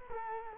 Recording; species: mosquito wingbeat signal from an infrared sensor; Culex quinquefasciatus